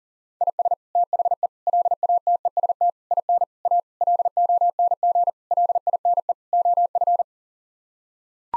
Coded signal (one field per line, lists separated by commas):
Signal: Morse code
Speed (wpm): 40 wpm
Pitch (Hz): 700 Hz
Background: none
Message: IS THE LATEST IN A LONG LINE OF